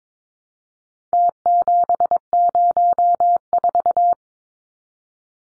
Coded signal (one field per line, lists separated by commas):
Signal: Morse code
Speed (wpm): 22 wpm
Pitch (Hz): 700 Hz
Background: none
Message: T704